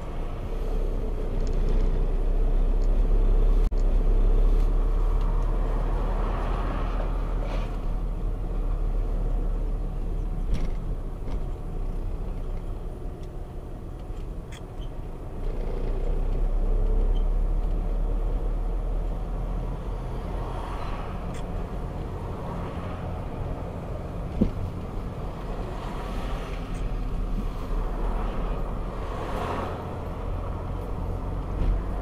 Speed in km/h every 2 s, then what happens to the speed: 13, 13, 16, 17, 16, 15, 13, 13, 15, 17, 18, 18, 20, 17, 18, 20.
0-32 steady at about 16.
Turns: none.